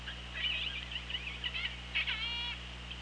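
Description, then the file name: Orca pulsed calls, a run of short buzzy pulses, then a rich harmonic call lasting about half a second, all over a constant low underwater hum. Recorded by OrcaLab hydrophone, underwater, on 24 August 2017 at 17:37:14. "Orca Lab UTLN JASON 20170824 173714"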